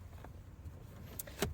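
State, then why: Seated. An infant car seat base is pressed into a vehicle seat by hand and knee while the pulled-out seat belt is fed back into its retractor to take up slack. Over a low background rumble, the locked retractor ratchets with sharp clicks at 1.2 s and 1.4 s as the belt tightens. The retractor locks and the base is held tight.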